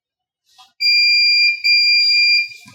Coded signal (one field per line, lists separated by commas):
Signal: none